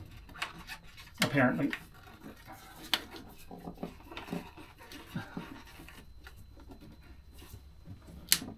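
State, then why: Not seated. A new diesel fuel filter is pushed up into its housing on a boat's engine, expecting a click as it seats. Handling and rubbing sounds mix with sharp knocks near 2.9 s and 8.3 s, and someone talks. The filter has not yet clicked or seated into the housing.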